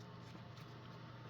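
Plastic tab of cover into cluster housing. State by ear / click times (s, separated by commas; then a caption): not seated / none. A plastic tab on the cover of a 2006-2008 Ford F-150 is handled against the cluster housing, with only a low, steady hum and faint handling noise. Nothing has seated or clicked yet.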